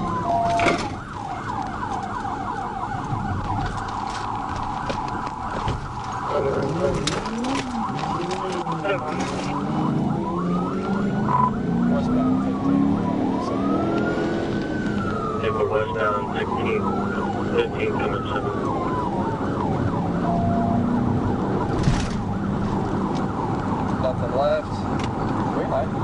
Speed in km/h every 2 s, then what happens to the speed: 55, 35, 26, 26, 47, 68, 85, 95, 100, 111, 116, 111, 113.
0-3 brakes to 26. 6-20 speeds up to 116.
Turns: 1-4.